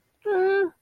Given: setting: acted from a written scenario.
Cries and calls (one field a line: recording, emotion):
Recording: vocal sound without words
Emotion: fear